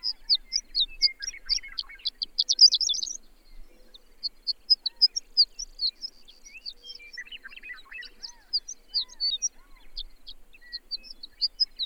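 Bird song, a busy stream of quick high chirps and twitters, with lower scratchy notes at times.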